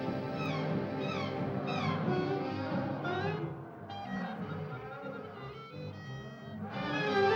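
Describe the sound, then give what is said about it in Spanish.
In a Spanish-dubbed Looney Tunes cartoon, an alley cat labeled a saber-toothed alley cat at a zoo meows loudly over and over. It gives a run of drawn-out, wavering cries that bend up and down in pitch, then settles into longer, steadier yowls with no talking. “León. Tigre. Gato de callejón, dientes de sable.”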